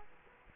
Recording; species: mosquito wingbeat signal from an infrared sensor; Culex quinquefasciatus